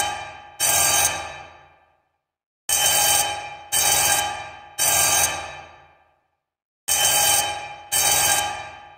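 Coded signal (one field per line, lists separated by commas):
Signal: coded fire alarm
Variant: General Signal 10-inch bell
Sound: loud metallic bell strikes in rounds of 3, each ringing out and decaying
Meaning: Fire alarm code 3 sounded in repeating rounds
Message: 3-3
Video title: General Signal 10" Fire Alarm Bell Code 3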